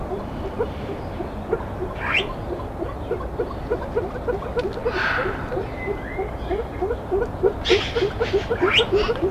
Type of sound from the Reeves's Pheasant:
call